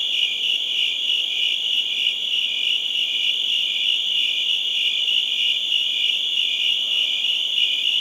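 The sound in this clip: Cricket: high, continuous chirping, fast pulses forming a steady shimmering drone with nothing else heard.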